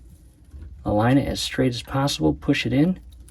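A fuel hose fitting with an oiled O-ring is lined up straight to be pushed into the fuel injection distributor of a 2003 Sea-Doo 951DI jet ski engine while someone talks. Nothing has seated or clicked yet.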